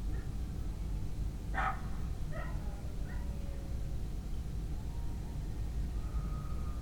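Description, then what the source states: Dog barking, a few scattered short barks and yelps at irregular intervals, set against a constant low-pitched background rumble. Dogs recorded at night in a village.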